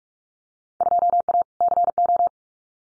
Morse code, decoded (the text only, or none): 2A CO